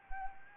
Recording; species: mosquito wingbeat signal from an infrared sensor; Anopheles arabiensis